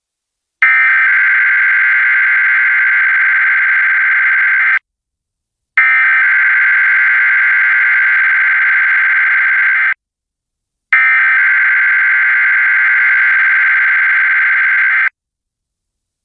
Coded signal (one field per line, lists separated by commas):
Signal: Emergency Alert System (SAME) tones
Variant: header bursts